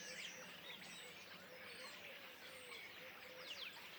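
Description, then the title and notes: Common starlings calling in chorus, a thick layer of whistles and clicks with a few sharper squeals standing out. Flock perched in trees beside the Louroux pond, Le Louroux, Indre-et-Loire, France; recorded in ORTF stereo with Sennheiser MKH8020 microphones and a Sound Devices MixPre-6 II. "Le Louroux, Loches, Indre-et-Loire, Centre-Val de Loire, France métropolitaine, 37240, France - étourneaux sansonnet dans les arbres. Nuée d'étourneaux posés dans un arbre aux abords de l'étang du louroux"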